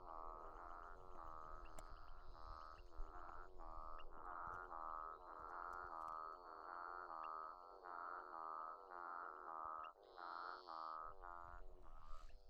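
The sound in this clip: Physalaemus centralis frog calls: steady series of nasal, harmonic whine notes, each under a second, repeating many times, with a faint high tone above.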